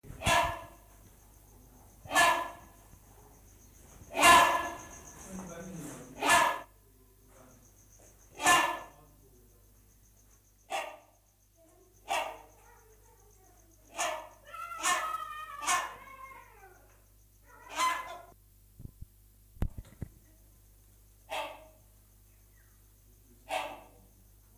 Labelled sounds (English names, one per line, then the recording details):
Rhinoceros Hornbill call
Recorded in captivity
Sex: pair
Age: adult
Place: Zoo Berlin, Berlin, DE
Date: 2004-05-24 14:20
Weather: bedeckt, 13°C
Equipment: Sony WM-D6C, Sennheiser ME 80, Kopie Uher 4000 Report Monitor
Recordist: Tembrock, Günter